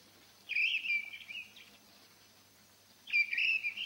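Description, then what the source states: Mistle Thrush song: a short, fluty warbled phrase, then after a pause of over a second the start of another. Old pine forest; occasionally heard, described as a beautiful song.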